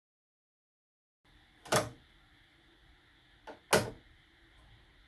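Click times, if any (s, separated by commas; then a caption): 3.7 s. A magnetic embroidery hoop slides onto the carriage arm of a BAi embroidery machine, with a softer knock at about 1.7 s. A loud, sharp snap follows at 3.7 s as the hoop seats, pushed all the way in so the design won't shift as it did when the hoop wasn't fully secured before.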